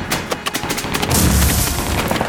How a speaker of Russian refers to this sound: Граната, ложи!